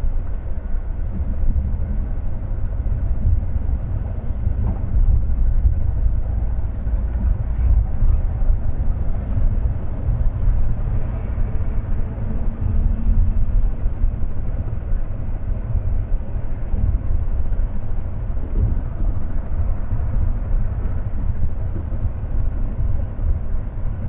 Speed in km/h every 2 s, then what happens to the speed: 73, 72, 70, 68, 68, 69, 69, 68, 68, 68, 67, 69.
0-24 steady at about 68.